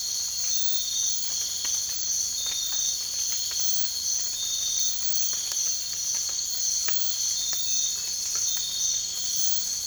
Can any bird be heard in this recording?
no